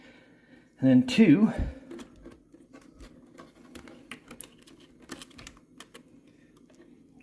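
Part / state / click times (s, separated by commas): numbered wiring connector into pinball cabinet socket / seated / 4.4 s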